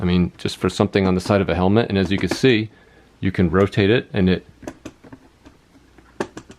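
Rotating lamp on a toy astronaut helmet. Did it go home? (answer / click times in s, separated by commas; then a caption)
yes / 6.2 s. Someone talks, then rotates the plastic side lamp on a costume astronaut helmet so it points down, producing soft ticks. The lamp clicks into a detent position at 6.2 s, seated in place.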